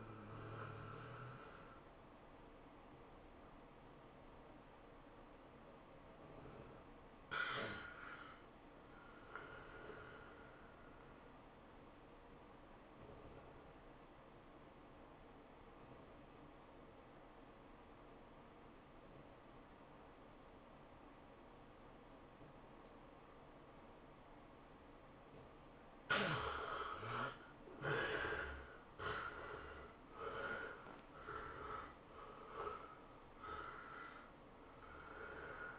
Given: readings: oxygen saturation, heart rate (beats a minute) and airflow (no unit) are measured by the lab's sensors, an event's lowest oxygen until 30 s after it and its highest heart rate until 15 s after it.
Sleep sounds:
breathing in sleep by a voice recorder at the bedside; 1
13.00-26.40 s: obstructive apnea (REM, oxygen 96% highest, then 73% lowest, heart rate 106 at the start, 113 highest)
From the record:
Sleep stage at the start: REM sleep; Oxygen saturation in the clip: 71 to 96%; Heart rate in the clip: 97 to 113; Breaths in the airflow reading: 7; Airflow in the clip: -14.0 to 9.6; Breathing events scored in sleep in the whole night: 403 in 5.5 hours asleep

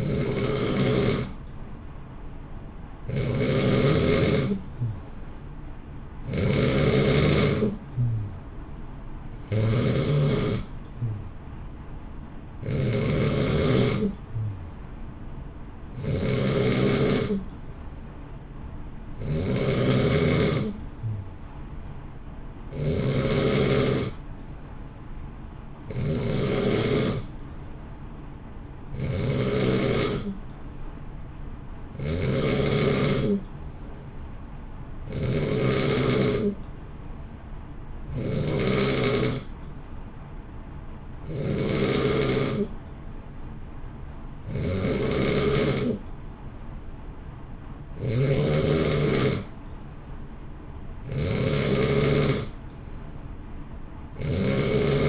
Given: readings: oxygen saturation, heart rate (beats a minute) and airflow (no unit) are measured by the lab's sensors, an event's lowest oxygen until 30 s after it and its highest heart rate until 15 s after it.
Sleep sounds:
breathing in sleep by a smartphone at the bedside; none
none scored
From the record:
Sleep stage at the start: N2 (light sleep); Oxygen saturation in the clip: 90 to 92%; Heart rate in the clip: 58 to 64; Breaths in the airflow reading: 18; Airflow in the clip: -0.8 to 0.7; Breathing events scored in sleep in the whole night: 328 in 6.3 hours asleep

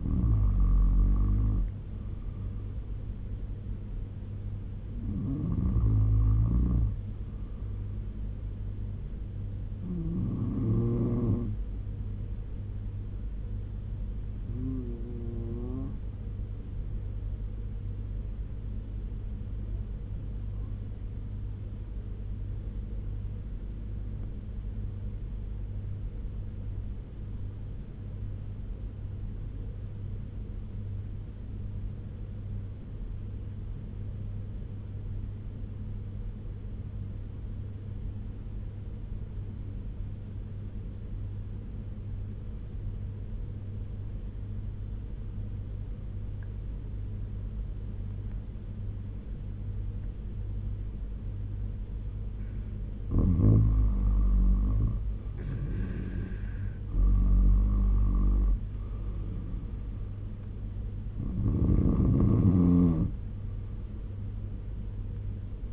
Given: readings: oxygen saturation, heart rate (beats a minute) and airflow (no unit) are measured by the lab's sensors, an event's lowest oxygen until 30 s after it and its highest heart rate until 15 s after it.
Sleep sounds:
breathing in sleep by a smartphone at the bedside; 1
18.00-52.30 s: obstructive apnea (N2, oxygen 96% highest, then 83% lowest, heart rate 72 at the start, 75 highest)
From the record:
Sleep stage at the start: N2 (light sleep); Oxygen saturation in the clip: 83 to 96%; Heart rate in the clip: 64 to 75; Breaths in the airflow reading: 7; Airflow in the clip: -8.4 to 7.5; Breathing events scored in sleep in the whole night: 201 in 6.5 hours asleep

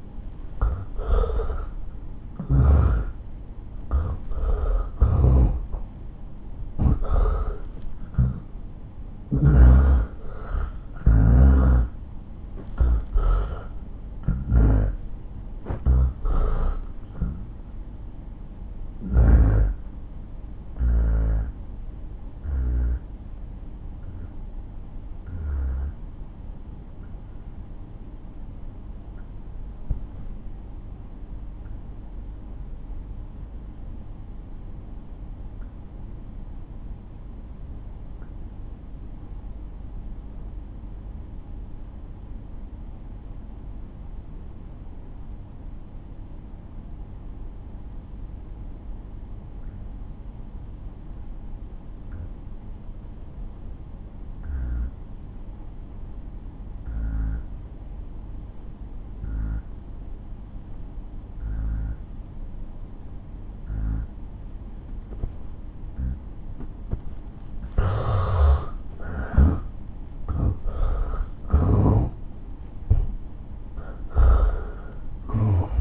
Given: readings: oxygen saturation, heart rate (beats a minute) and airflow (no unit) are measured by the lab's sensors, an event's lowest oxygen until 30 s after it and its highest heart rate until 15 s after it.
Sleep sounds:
breathing in sleep by a smartphone at the bedside; 1
21.00-67.00 s: obstructive apnea (N1, oxygen 95% highest, then 77% lowest)
24.00-54.00 s: new sleep stage, N2 (light sleep)
54.00-75.81 s: new sleep stage, N1 (lightest sleep)
From the record:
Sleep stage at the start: N1 (lightest sleep); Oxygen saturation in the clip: 76 to 95%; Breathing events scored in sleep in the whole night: 217 in 6.3 hours asleep

